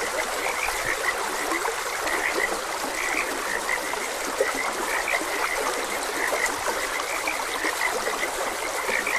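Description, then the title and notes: Frog chorus of short repeated croaks, unbroken throughout, mixed with the hiss and trickle of a flowing stream. Frogs croaking beside a gentle stream; continuous nature ambience. "Gentle Stream and Frogs Croaking - 4 Hr Calming Sounds of Nature |Ep56. Sleep and Relaxation Podcast"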